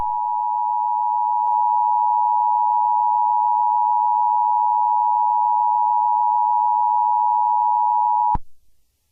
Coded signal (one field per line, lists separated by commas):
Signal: Emergency Alert System (SAME) tones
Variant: 853 and 960 Hz attention tone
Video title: 1999 Moore Oklahoma F5 EAS Scenario